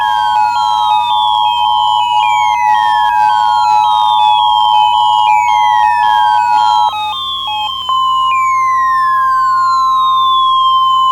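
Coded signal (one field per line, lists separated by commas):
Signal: Emergency Alert System (SAME) tones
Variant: 853 and 960 Hz attention tone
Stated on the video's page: Simulated EAS alert in a fictional scenario.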